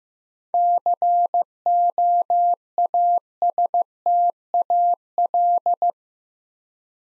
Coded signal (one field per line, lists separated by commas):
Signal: Morse code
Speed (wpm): 15 wpm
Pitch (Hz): 700 Hz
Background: none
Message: COASTAL